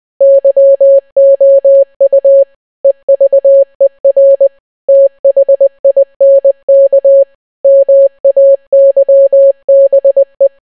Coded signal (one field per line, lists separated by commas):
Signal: Morse code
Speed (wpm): 20 wpm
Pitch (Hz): 550 Hz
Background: none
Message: YOU EVER THINK MAYBE